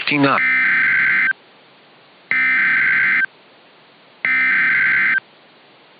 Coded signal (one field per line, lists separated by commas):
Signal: Emergency Alert System (SAME) tones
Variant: header bursts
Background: speech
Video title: [Mini EAS Mock] [] KEC60 Civil Danger Warning + NWR tone test